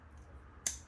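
A bearing is pushed onto a shaft in an Axial SCX10 Pro RC crawler transmission and pops into place. Over a low background hum, a single sharp, bright click is heard at 0.7 s, and the bearing is seated. No talk is heard.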